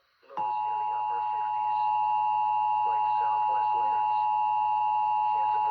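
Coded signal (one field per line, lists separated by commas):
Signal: Emergency Alert System (SAME) tones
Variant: 853 and 960 Hz attention tone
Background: speech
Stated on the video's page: Required monthly test on AT&T U-verse, recorded from a TV; a flashlight weather radio also audible.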